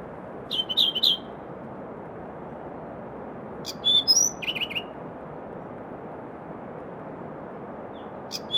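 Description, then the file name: Firethroat song: short phrases of high, thin notes mixed with rapid buzzy trills, heard near the start, again midway and briefly at the end, over a steady hiss. "firethroat -Calliope-pectardens"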